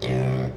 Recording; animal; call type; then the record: contact call of a hoofed animal; pig; closed-mouth grunt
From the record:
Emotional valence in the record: negative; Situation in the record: short social isolation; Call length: 0.57 s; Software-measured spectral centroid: 1920 Hz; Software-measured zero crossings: 850 a second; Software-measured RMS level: -24 dBFS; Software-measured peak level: -16 dBFS